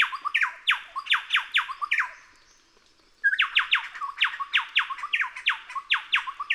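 Chowchilla song: rapid runs of loud, falling ringing notes, a silent gap of about a second, then another chattering series.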